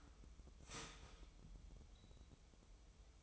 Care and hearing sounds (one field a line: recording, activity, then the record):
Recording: daily activity, microphone in the room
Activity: start toaster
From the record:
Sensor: 1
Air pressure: 988.6 hPa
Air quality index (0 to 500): 197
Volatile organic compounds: 940 ppm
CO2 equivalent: 5237 ppm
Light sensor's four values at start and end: 25/94/35/37 and 25/94/35/37